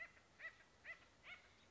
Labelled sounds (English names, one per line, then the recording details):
Acorn Woodpecker
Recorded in Sonoma County, California